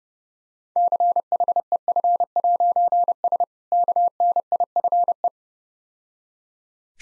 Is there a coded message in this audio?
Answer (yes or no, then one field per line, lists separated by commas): yes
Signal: Morse code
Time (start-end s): 0.8-5.3 s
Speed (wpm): 32 wpm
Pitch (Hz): 700 Hz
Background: none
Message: CHEF'S KNIFE